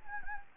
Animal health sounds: mosquito wingbeat signal from an infrared sensor; Anopheles gambiae

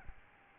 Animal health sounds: mosquito wingbeat signal from an infrared sensor; Aedes albopictus

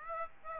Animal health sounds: mosquito wingbeat signal from an infrared sensor; Aedes aegypti

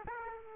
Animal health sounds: mosquito wingbeat signal from an infrared sensor; Aedes aegypti

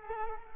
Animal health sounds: mosquito wingbeat signal from an infrared sensor; Culex quinquefasciatus

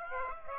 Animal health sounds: mosquito wingbeat signal from an infrared sensor; Aedes aegypti

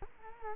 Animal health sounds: mosquito wingbeat signal from an infrared sensor; Culex quinquefasciatus

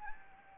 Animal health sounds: mosquito wingbeat signal from an infrared sensor; Anopheles gambiae

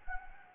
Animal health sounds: mosquito wingbeat signal from an infrared sensor; Anopheles arabiensis

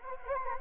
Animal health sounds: mosquito wingbeat signal from an infrared sensor; Anopheles gambiae

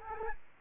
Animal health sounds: mosquito wingbeat signal from an infrared sensor; Aedes albopictus

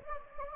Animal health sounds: mosquito wingbeat signal from an infrared sensor; Anopheles gambiae

